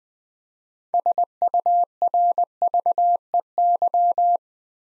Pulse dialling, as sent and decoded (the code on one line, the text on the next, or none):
none